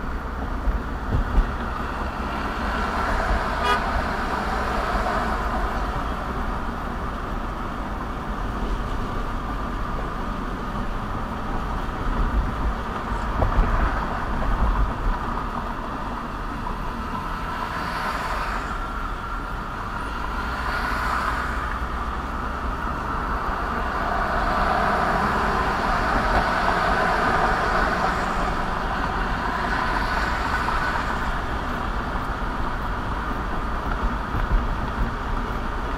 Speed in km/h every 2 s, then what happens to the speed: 40, 44, 47, 48, 50, 52, 55, 53, 45, 40, 39, 40, 45, 47, 50, 50, 53, 55.
0-5 speeds up to 48. 5-14 steady at about 52. 14-21 slows to 39. 21-36 speeds up to 55.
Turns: none.